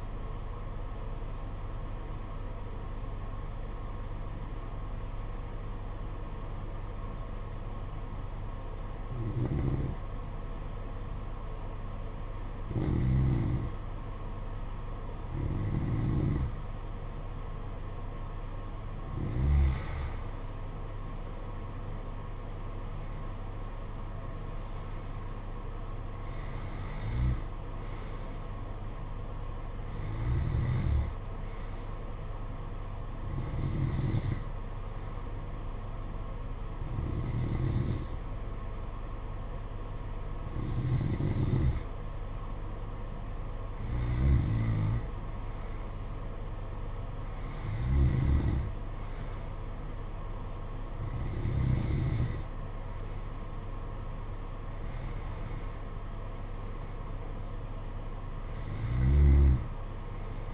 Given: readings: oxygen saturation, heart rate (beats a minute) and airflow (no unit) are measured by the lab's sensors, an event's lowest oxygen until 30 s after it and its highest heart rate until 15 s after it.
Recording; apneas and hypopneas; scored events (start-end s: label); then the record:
breathing in sleep by a smartphone at the bedside; 2
8.00-19.80 s: hypopnea (N1, oxygen 96% highest, then 92% lowest, heart rate 53 at the start, 57 highest)
35.00-53.30 s: hypopnea (N1, oxygen 94% highest, then 93% lowest, heart rate 54 at the start, 57 highest)
38.00-60.54 s: new sleep stage, N2 (light sleep)
From the record:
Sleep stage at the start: N1 (lightest sleep); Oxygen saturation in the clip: 92 to 96%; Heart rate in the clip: 52 to 57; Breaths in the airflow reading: 16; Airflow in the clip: -9.3 to 7.5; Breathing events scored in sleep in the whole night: 476 in 9.7 hours asleep